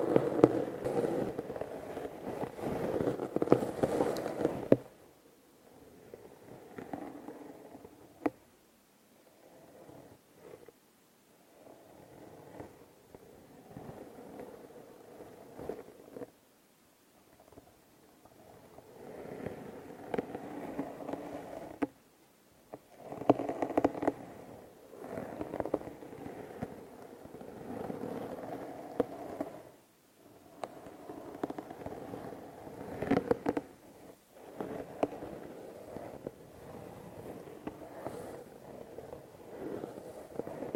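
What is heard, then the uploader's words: Scratchy brushing against a microphone comes in irregular bursts of a few seconds, with quieter pauses between and occasional sharp knocks. Microphone touching Intense brushing.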